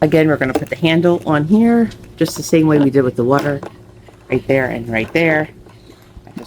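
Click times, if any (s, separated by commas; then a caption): 6.3 s. A plastic carrying handle is fitted into the mounts on a chicken feeder, the same way as on the waterer, while someone talks. A short, sharp hit at 6.3 s marks the handle popping into place, seated.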